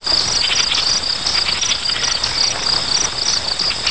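Insects chirping in a dense, continuous high-pitched stridulation with rapid rhythmic pulses throughout, no other sounds.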